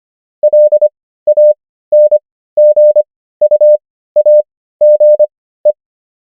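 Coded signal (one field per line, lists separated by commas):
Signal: Morse code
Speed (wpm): 25 wpm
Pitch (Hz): 600 Hz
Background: none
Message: LANGUAGE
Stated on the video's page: Morse practice of the 500 most common English words, 25 wpm character speed with 15 wpm Farnsworth word speed.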